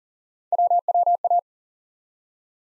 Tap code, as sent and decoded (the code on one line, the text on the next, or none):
none